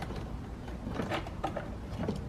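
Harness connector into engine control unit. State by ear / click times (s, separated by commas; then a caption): not seated / none. On a Mercedes-Benz W203, the first large plastic ECU harness connector is handled and lined up at its socket on the engine control unit during a SAM module replacement. Soft plastic scuffs and rustling handling sounds rise around 1.0–1.5 s and again near 2.1 s over a low steady background. Nothing has seated or clicked yet.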